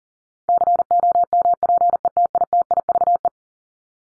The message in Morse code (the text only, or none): COMPETITIVE